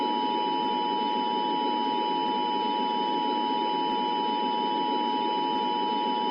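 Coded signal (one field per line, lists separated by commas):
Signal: Emergency Alert System (SAME) tones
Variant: 853 and 960 Hz attention tone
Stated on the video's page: Fictional mini EAS scenario about extreme heat and cold, not a real alert.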